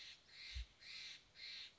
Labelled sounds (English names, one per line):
Steller's Jay